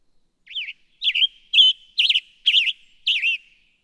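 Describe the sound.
Western tanager song: six hoarse, burry phrases, each a quick up-and-down slur, delivered about twice a second, with no other sounds.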